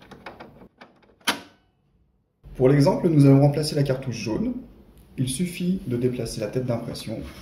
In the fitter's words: Turn the gear clockwise until you hear a click.